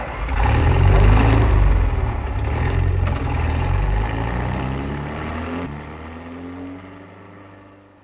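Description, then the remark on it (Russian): A car engine rumbles loudly and revs, its pitch shifting as it pulls off to be driven to the garage, then the steady drone gradually fades over several seconds. No one speaks. “А я машину в гараж погоню.”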